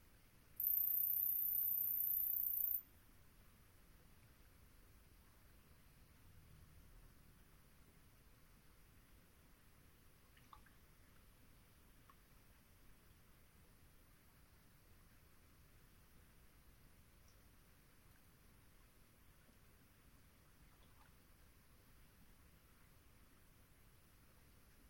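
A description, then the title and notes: A dusky swamp stays mostly hushed under a faint steady hiss, opened by a loud high whine for two seconds, then a few scattered soft clicks. Long Swamp, Dusk. The air was still as I sat down to record; the temperature a chill 60ºF/ 15.5ºC, and the moon was expected to be full.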